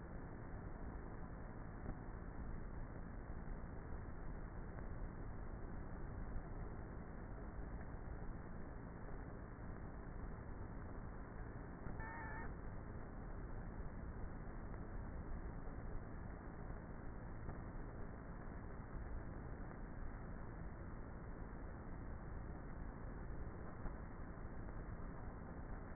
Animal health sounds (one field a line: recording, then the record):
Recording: honeybee colony, microphone inside the hive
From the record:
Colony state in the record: queenless with a low population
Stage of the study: before two queens were removed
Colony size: about 30,000 bees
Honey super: no